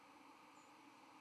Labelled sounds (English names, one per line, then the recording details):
White-throated Sparrow flight call
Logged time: 06:55 on 31 October 2014